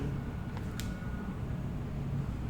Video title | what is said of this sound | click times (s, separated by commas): THERAGUN PRO - Is it worth the price? | and there are you can click it into place and again it's a very secure | 0.8 s